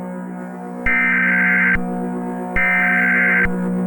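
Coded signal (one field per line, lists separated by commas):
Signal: Emergency Alert System (SAME) tones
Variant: header bursts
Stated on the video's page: Fictional EAS scenario mock.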